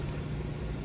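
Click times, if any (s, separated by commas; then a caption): none. A mechanical seal component is being handled and pressed toward the seal seat of a pump during a mechanical seal install. Only a steady broadband noise with a low hum is heard, with no distinct hit. Nothing has seated or clicked yet.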